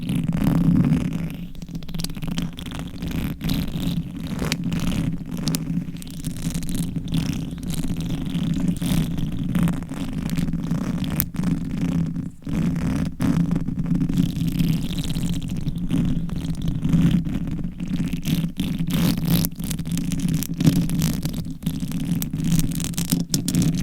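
Close, continuous scratching and rubbing on a microphone, with a thick low rumble underneath. Quick crackly strokes come densely and irregularly for the whole stretch, some sharper than others, while the overall loudness stays fairly even, with a brief dip near 12 seconds.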